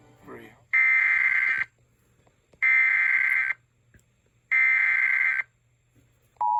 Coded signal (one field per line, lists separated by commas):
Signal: Emergency Alert System (SAME) tones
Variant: header bursts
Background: speech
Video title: Severe Thunderstorm Warning on Ch. 7 KUED-DT Salt Lake City, UT (5/29/24) (EAS #4,317)